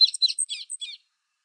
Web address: Schulze Peter Bobolink song